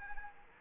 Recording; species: mosquito wingbeat signal from an infrared sensor; Anopheles arabiensis